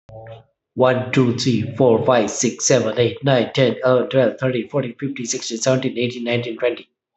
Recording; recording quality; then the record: counting at a fast pace; excellent, no background noise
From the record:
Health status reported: healthy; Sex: male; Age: 54 years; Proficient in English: yes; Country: India